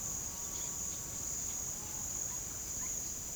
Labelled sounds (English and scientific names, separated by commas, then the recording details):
none
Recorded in pastures near Puerto Asís, Putumayo, Colombia, on 29 June 2025 at 15:30
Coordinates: 0.497, -76.327
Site G040